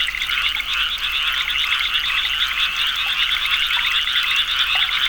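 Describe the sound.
Frogs calling in a dense chorus, many overlapping pulsed trills blending into a steady high buzzing din without pause.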